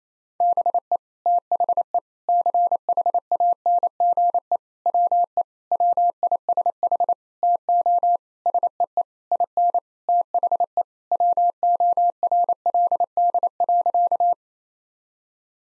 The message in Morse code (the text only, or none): BE THE CHANGE WE WISH TO SEE IN THE WORLD.